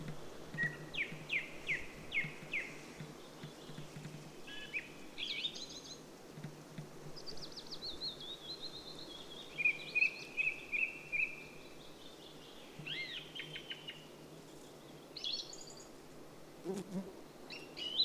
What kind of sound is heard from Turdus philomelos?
song